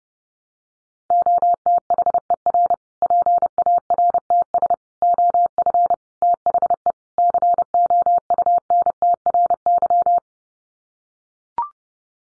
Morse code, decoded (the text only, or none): OTHER PARTS OF THE COUNTRY